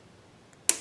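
A ratcheting hose clamp is squeezed onto the rubber factory breather hose of a Predator 8750 generator to restrict the air flowing through the stock hose. After near silence, a single sharp ratchet click rings out at 0.7 s, the first of three, as the clamp clicks down and seats.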